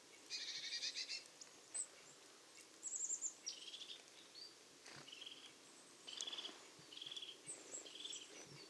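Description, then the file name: Marsh tit calls: a long harsh buzzy burst, then several short nasal buzzy notes and thin high chirps. "Poecile palustris"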